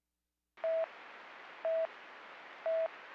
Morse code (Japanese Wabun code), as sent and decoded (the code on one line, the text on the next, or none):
none